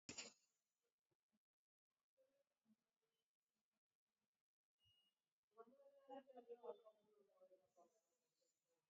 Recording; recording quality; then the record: shallow breathing; moderate, slight background noise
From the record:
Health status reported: COVID-19 positive, mild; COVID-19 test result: positive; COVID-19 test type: RT-PCR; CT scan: taken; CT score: 9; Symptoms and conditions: cough, fatigue, muscle pain, loss of smell and taste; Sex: female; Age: 55 years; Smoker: no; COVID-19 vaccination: one dose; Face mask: worn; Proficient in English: yes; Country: India